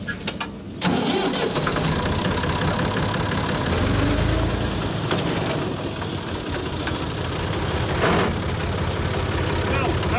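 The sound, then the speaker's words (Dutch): A tractor engine turns over and catches after a brief pause, then settles into a loud, steady low rumble with a rattling mechanical texture throughout. The tractor pulls a crop sprayer over a field in Hooghalen, spraying compost tea onto the land. “de akkerbouwer, rijdt met zijn trekker en de spuitmachine over het perceel.”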